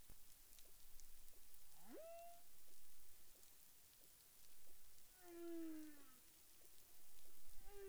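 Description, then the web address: Humpback whale tonal units: a rising upsweep with harmonics, then a falling moan and another short tone near the end, against steady crackling background noise. Recorded in the Caribbean on 30 January 2021 at 12:54 UTC. "CARIMAM clean data humpback whale"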